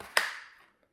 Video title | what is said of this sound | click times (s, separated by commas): Huge Android HEADUNIT for Jeep Wrangler JK, unboxing, review and installation | until it clicks | 0.2 s